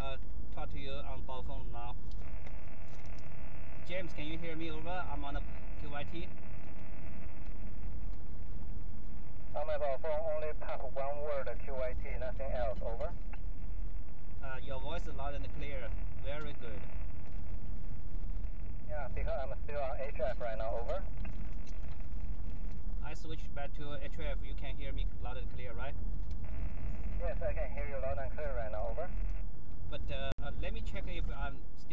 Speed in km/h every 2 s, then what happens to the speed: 31, 34, 39, 42, 40, 39, 37, 39, 42, 40, 39, 37, 39, 39, 39, 37.
0-6 speeds up to 42. 6-32 steady at about 39.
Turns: none.